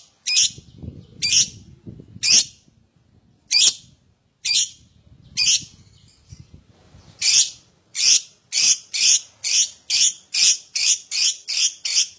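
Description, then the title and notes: Lovebird chirping: spaced harsh notes that speed up into a rapid, steady run of shrill chirps. Adult lovebird singing constantly (gacor) in the 'owor owor' style. "LOVEBIRD GACOR OWOR OWOR. Lovebird Dewasa"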